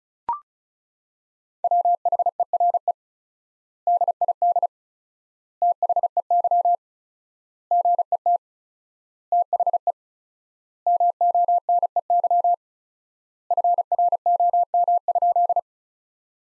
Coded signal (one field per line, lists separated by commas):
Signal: Morse code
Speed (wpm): 36 wpm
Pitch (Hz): 700 Hz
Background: none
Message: WHERE DID THEY GET THE MONEY FROM?